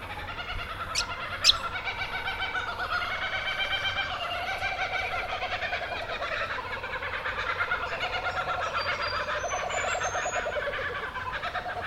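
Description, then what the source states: Kookaburra chorus, a long rolling cackle of stacked, rapidly pulsed notes that rise and fall continuously, with a couple of sharp high clicks near the start. Several kookaburras.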